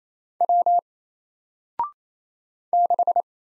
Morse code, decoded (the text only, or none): W 6